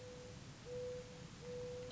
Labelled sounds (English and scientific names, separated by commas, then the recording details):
Mourning Dove (Zenaida macroura)
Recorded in Sonoma County, California